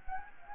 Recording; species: mosquito wingbeat signal from an infrared sensor; Anopheles gambiae